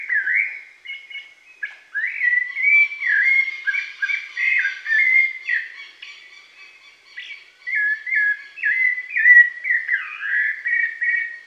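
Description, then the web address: Rufous-bellied thrush song: a steady flow of clear, fluted whistled phrases around mid pitch, slurred up and down, with brief pauses between runs of notes. Pantanal, Brazil. "sescpantanal. Sabia laranjeira"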